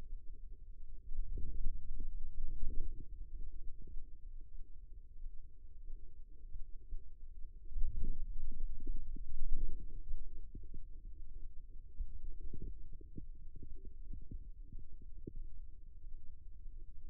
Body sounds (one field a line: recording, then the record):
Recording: forearm muscle sounds (acoustic myography)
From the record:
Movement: ulnar deviation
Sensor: system 2, bracelet of six BSWA MPA416 microphones around the upper forearm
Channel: 1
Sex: male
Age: 22 years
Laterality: right